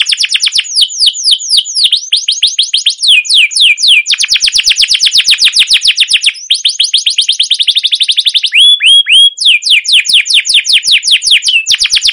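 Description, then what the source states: Canary singing a long continuous rolling trill of high sweeping notes, shifting speed several times, with a brief set of flatter notes in the later part. Canary song recorded as a lure or training master for canaries, a long trilling rolled song described as cuit cuit ngerol, gacor panjang.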